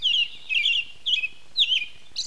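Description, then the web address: American robin calling, a run of short slurred whistled notes, mostly falling, ending in a brief higher note. "Mitchell Lake Content Mitchel Birds contents Passeriformes Am Robin"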